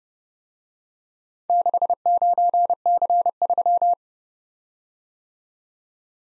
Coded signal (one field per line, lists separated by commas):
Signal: Morse code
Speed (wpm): 29 wpm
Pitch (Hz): 700 Hz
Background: none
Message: 69C3